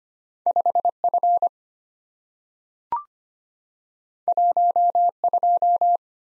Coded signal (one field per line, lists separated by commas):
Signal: Morse code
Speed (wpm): 25 wpm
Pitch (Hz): 700 Hz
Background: none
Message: 5F 12